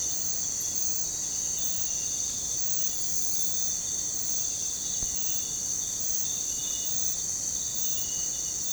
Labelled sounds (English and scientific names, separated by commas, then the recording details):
none
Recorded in pastures near Puerto Asís, Putumayo, Colombia, on 21 December 2024 at 05:00
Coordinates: 0.466, -76.322
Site G040